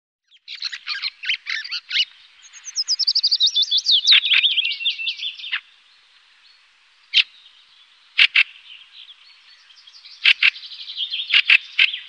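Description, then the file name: Fieldfare song: harsh chattering notes open, then a run of squeaky, descending twittered notes, followed by scattered sharp chacks and a final chattering burst. "Bjorktrast"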